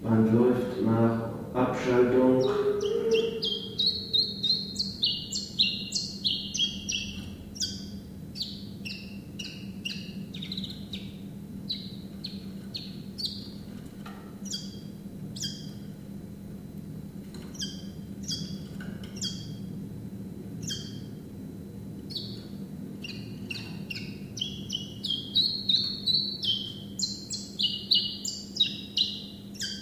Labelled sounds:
Common Chiffchaff (Phylloscopus collybita) song
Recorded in captivity
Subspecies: collybita
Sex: male
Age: adult
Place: Zoologisches Institut Universität Tübingen, Baden-Württemberg, DE
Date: 1965-05-18 10:25
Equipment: Nagra III PH, kleiner englischer Parabolspiegel, LGS26
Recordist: Schneider, Hans-Joachim
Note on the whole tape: Werbegesänge von Männchen blau/grün - lila/lila. Auf diesem Band auch Aufnahmen vom 21. Mai um 6.50 Uhr: Männchen blau/grün - lila/braun. Aufnahmen in einem separaten Raum mit kleinem englischen Parabolspiegel. MaAs: E.B

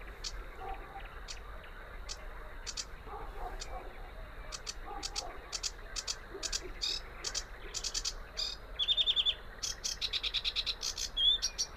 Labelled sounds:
Sedge Warbler (Acrocephalus schoenobaenus) song
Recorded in the wild
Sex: male
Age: adult
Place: Teerofenbrücke, Nationalpark Unteres Odertal, Brandenburg, DE
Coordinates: 53.1508, 14.3608
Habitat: wetland
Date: 2013-05-04 23:50
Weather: clear, windless, 5°C
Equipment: Sound Devices 702, Sennheiser MKH 70, Rycote Windschutz
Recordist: Frommolt, Karl-Heinz

